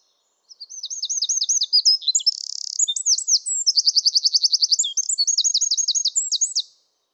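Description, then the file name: Eurasian wren song, about six seconds of loud high-pitched twittering, a buzzy stretch and a machine-gun trill, with silence before and after. "Troglodytes troglodytes"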